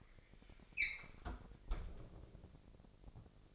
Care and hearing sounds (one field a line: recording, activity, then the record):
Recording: daily activity, microphone in the room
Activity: close fridge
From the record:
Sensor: 5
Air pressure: 1002.0 hPa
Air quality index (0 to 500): 211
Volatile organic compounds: 21 ppm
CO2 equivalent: 2737 ppm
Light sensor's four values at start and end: 11/25/10/12 and 10/23/9/10